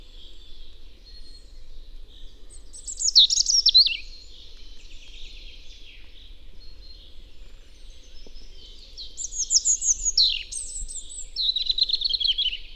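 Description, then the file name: European robin song: two separate bursts of high, tinkling, fluid phrases with quiet stretches between them. "Erithacus rubecula"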